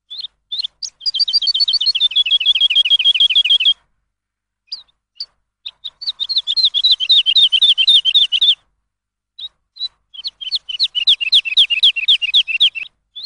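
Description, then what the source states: Lark song: long runs of rapid, slurred high notes in bursts of about three seconds, separated by short pauses with scattered single chirps; no other sounds. Lark song used for training songbirds.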